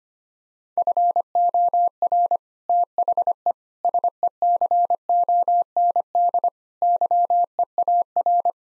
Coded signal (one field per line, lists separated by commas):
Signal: Morse code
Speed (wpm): 25 wpm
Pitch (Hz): 700 Hz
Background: none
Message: FOR THE SECOND YEAR